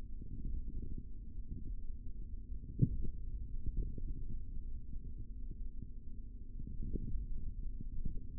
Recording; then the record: forearm muscle sounds (acoustic myography)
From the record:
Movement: finger pinch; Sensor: system 3, bracelet of six PUI Audio POM-2738L microphones around the upper forearm, with dedicated amplification and filtering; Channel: 6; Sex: male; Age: 25 years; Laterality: right